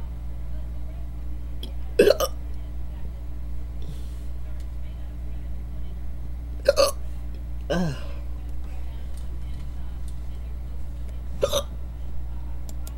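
Induced hiccups in an adult: three sharp, abrupt hiccups roughly every four to five seconds over a steady low background hum.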